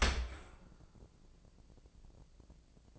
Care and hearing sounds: daily activity, microphone in the room; open dishwasher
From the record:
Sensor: 5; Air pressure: 1012.4 hPa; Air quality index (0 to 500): 157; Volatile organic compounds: 2 ppm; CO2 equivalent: 1070 ppm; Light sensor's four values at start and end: 112/268/114/129 and 111/268/113/128

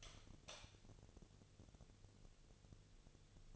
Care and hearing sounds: daily activity, microphone in the room; light on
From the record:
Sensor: 4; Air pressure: 1000.9 hPa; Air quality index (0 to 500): 126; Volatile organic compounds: 1 ppm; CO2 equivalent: 942 ppm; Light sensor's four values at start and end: 32/78/33/35 and 34/87/36/39

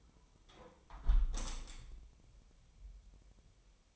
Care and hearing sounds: daily activity, microphone in the room; close window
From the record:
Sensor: 1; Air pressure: 1014.9 hPa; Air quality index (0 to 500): 26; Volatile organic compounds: 1 ppm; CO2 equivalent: 507 ppm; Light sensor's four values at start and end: 11/26/10/11 and 11/25/10/11

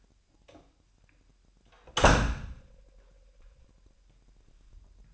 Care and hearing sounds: daily activity, microphone in the room; close door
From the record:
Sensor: 2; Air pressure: 998.2 hPa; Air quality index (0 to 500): 144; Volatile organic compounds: 4 ppm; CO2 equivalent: 1623 ppm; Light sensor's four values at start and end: 11/34/13/13 and 11/34/13/13

